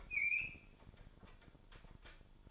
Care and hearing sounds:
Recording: daily activity, microphone in the room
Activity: open fridge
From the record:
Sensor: 5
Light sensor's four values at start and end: 40/91/38/40 and 41/93/39/41

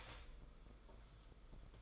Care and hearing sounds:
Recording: daily activity, microphone in the room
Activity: start toaster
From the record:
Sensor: 5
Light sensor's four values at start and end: 41/125/48/51 and 41/124/48/51

